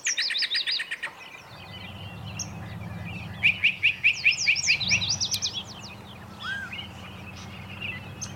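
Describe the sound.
Birds singing over a low rumble. High chirping notes at the start, then a run of repeated even chirps and varied sweeping notes.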